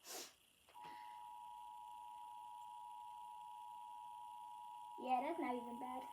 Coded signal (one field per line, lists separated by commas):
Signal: Emergency Alert System (SAME) tones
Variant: 853 and 960 Hz attention tone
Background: speech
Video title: Reacting to EAs alarms (the sirens sounds where not my channel)